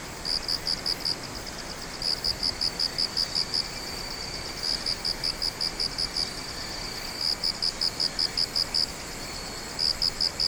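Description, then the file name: Insect song of rapid trains of high pulses, several beats each, repeating over quiet hiss. "singing of insect"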